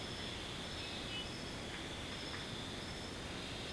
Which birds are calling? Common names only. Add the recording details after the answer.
none. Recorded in secondary vegetation near Puerto Asís, Putumayo, Colombia, on 18 February 2024 at 03:00. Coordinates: 0.472, -76.331. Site G6371